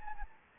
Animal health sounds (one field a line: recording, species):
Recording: mosquito wingbeat signal from an infrared sensor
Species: Anopheles gambiae